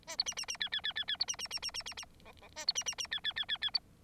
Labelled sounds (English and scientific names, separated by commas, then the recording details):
Bengalese Finch (Lonchura striata domestica) song
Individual Bird9